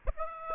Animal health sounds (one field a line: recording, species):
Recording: mosquito wingbeat signal from an infrared sensor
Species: Aedes aegypti